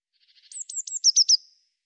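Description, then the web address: Eurasian blue tit call: faint soft ticks lead into six sharp, very high notes, each dropping in pitch, the last three loudest, over near silence. "Deverinetal"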